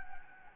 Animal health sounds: mosquito wingbeat signal from an infrared sensor; Anopheles gambiae

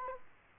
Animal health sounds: mosquito wingbeat signal from an infrared sensor; Culex quinquefasciatus

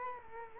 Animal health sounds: mosquito wingbeat signal from an infrared sensor; Culex quinquefasciatus

